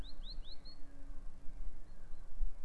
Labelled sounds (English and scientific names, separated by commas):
Great Tit (Parus major)